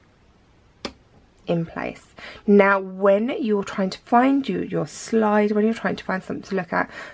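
A microscope's revolving nosepiece is turned and the next objective lens clicks into position in the detent, giving one sharp click at 0.9 seconds that shows the lens is seated. After the click, someone talks for the rest of the clip.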